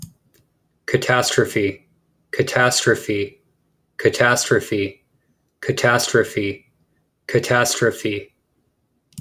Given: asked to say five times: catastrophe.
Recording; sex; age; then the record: repeated word; male; 20 to 29 years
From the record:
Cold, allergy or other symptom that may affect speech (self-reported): no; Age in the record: 23 years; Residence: Texas, United States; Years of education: 16